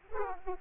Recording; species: mosquito wingbeat signal from an infrared sensor; Aedes aegypti